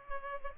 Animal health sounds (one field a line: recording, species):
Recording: mosquito wingbeat signal from an infrared sensor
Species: Culex pipiens